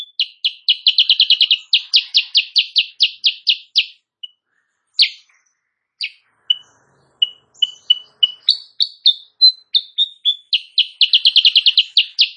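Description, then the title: Sooty-headed bulbul song: long runs of quick, bright chirps, speeding into dense rattling bursts, with a short pause of scattered single notes midway. Kutilang Sutra type; singing actively (gacor) in the morning; tutor recording (masteran) for training songbirds, said to make rival birds answer. "Masteran Kutilang Sutra. Kutilang Sutra GACOR pagi hari bikin lawannya AUTO NYAUT"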